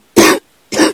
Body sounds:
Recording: coughing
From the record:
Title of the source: 60 coughing still (deep and wet cough)

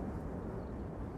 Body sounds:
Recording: background sound without coughing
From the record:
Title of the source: Train Ride Ambience ambient white noise for sleeping, focus, studying, reading

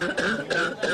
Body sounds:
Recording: coughing mixed with background sound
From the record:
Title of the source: female coughing - coughing sound effects girl

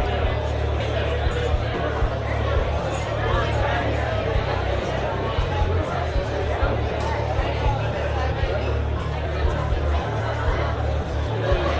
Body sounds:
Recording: background sound without coughing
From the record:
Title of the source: CITY SOUNDS Busy Bar in the Evening Night - 2 HOURS of Ambiance for Relaxation

